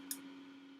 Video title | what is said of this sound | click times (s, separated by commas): Cornet/Trumpet (and also useful for Tenor Horn) Valve Maintenance | Press it down, twist, clicks | 0.1 s